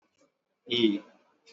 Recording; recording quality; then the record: sustained vowel as in beet; excellent, no background noise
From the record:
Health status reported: exposed to COVID-19, no respiratory illness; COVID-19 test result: not tested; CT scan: not taken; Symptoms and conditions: cough, cold, fever, fatigue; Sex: male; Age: 30 years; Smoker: no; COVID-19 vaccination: both doses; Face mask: worn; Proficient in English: yes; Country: India